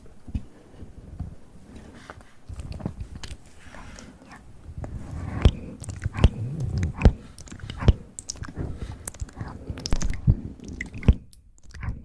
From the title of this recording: ASMR Close Mouth Sounds